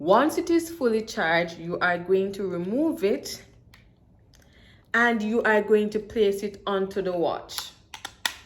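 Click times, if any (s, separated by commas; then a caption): 8.3 s. Someone talks while a fully charged detachable battery pack is removed from its charger and pressed onto the back of a wrist tracking watch, with a few faint taps in a quiet pause around 3.7 to 4.4 seconds. Small clicks at 7.9 and 8.1 seconds lead into a sharp, loud click at 8.3 seconds as the battery pack seats in place on the watch.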